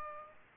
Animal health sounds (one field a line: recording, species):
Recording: mosquito wingbeat signal from an infrared sensor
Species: Aedes aegypti